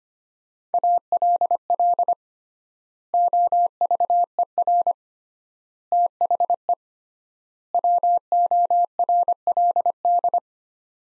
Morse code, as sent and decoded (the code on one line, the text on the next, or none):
.- .-.. .-.. / --- ...- . .-. / - .... . / .-- --- .-. .-.. -..
ALL OVER THE WORLD